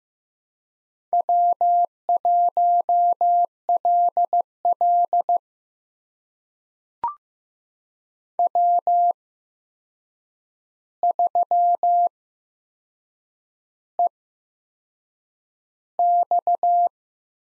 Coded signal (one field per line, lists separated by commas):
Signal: Morse code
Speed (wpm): 15 wpm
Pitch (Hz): 700 Hz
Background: none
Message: W1LL W3EX